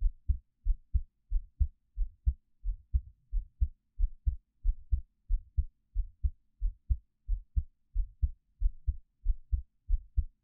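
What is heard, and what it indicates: A normal adult heartbeat, heard close up through a 3Dio binaural microphone, with no talking.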